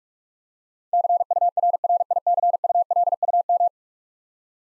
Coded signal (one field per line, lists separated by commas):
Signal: Morse code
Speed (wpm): 41 wpm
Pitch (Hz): 700 Hz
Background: none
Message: CURRICULUM